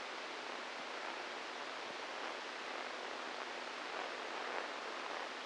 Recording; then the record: brain microelectrode recording played as sound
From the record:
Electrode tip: inside the subthalamic nucleus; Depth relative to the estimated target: 1 mm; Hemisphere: right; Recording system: NeuroSet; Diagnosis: Parkinson's disease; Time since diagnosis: 8 years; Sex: male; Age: 46 years